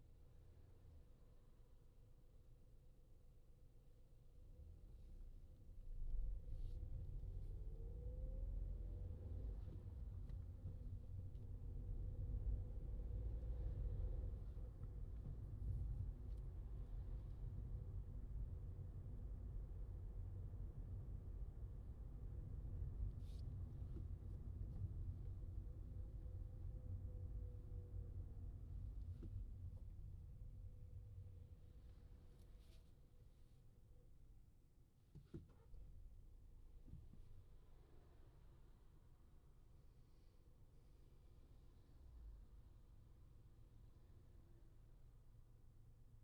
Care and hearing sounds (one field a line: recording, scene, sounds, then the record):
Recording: everyday scene through a hearing-aid microphone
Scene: in a vehicle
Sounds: engine, traffic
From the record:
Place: Skoda Fabia, gasoline engine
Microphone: in the ear canal, left